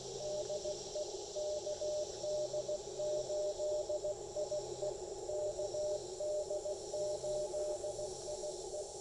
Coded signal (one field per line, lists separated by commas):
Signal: Morse code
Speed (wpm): 17 wpm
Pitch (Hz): 600 Hz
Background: none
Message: DE KD8IE KD8IE